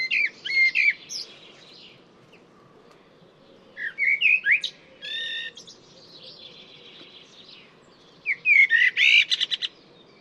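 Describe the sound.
Bird singing chirpy, scratchy phrases with quick trills, in several separate bursts with quiet twittering between them.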